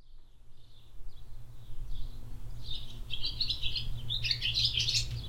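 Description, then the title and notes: Swallows twittering, faint chirps at first, then a dense burst of bright, scratchy twitters in the second half, over a low steady hum and soft wind. Swallows flying under a shed roof in a village-centre barnyard in Hoscheid; mellow wind; early afternoon in spring. "Hoscheid - Barn Yard Swallows. At a barn yard in the centre of the village. Swallows flying under the roof of the shed. Mellow wind. Recorded in the early afternoon in spring time"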